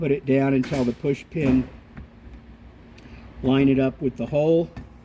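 A plastic push pin retaining clip is lined up with the hole in an office chair backrest bracket while someone talks, with faint brief handling taps near 2.0 s and 3.0 s. Nothing has seated or clicked yet.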